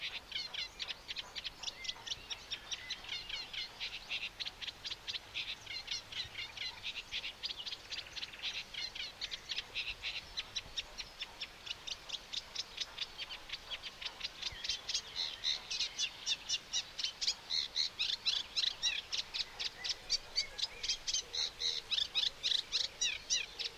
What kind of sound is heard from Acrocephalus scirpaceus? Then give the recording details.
song. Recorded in the wild. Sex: male. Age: adult. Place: Schönerlinde, Naturpark Barnim, Brandenburg, DE. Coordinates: 52.6511, 13.4033. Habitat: pond. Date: 1991-06-09 10:07. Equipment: Uher 4000 Report Monitor, Sennheiser ME 80, K 30 AV, Original. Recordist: Frommolt, Karl-Heinz